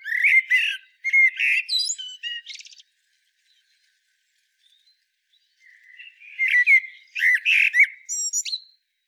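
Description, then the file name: Common blackbird song: loud, fluty warbled phrases, each ending in scratchy high twittering, separated by a few seconds of near silence. "Turdus merula"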